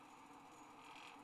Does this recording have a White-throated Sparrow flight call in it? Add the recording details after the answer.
no. No flight call is heard. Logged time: 21:32 on 29 November 2014